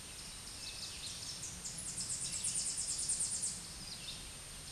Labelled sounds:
Tennessee Warbler song

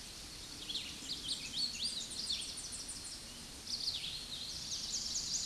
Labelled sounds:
Tennessee Warbler song

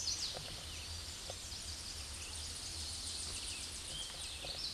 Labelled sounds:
Tennessee Warbler song

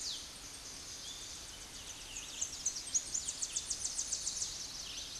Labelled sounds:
Tennessee Warbler song

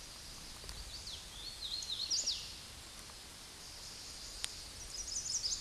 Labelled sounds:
Hooded Warbler song

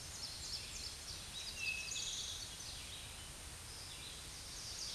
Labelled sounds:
Eastern Towhee song

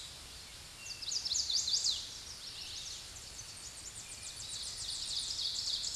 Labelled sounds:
Chestnut-sided Warbler song

